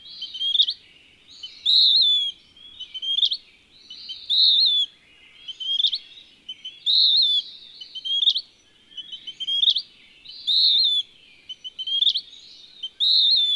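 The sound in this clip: Western wood-pewee song, burry slurred phrases repeated steadily, alternating short rising notes and longer descending buzzy whistles, quiet background.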